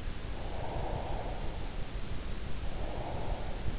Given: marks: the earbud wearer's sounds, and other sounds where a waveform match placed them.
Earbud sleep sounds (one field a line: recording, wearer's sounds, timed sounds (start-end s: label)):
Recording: sounds in sleep by an in-ear microphone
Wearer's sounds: breath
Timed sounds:
0.34-3.63 s: breath